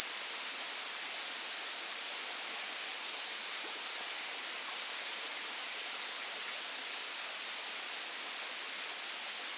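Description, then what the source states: Bornean stubtail giving extremely high, thin whistles, short and longer notes at irregular intervals, in quiet surroundings. Recorded 8 July 2007.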